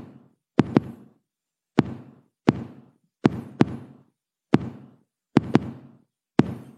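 Tapped or drummed imitation of an adult heart rhythm in atrial fibrillation: beats come at totally irregular, disordered intervals, some in quick pairs and others after long gaps.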